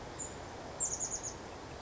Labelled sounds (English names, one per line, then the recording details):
Chestnut-backed Chickadee
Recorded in Sonoma County, California